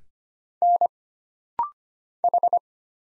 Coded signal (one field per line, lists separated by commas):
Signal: Morse code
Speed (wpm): 25 wpm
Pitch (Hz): 700 Hz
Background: none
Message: N H